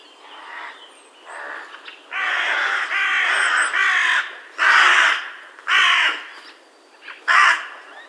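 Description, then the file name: Carrion crow giving a series of harsh, rasping caws of varying length. "Corvus corone"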